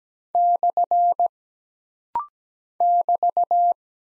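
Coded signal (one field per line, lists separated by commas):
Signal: Morse code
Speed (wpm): 17 wpm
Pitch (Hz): 700 Hz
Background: none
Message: / <BT>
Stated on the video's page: Computer-generated morse code practice at 17 wpm of single punctuation and prosign characters, for instant character recognition drill.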